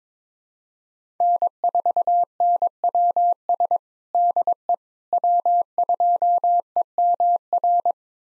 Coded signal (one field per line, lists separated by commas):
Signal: Morse code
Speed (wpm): 22 wpm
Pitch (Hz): 700 Hz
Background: none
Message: N4NWS DE W2EMR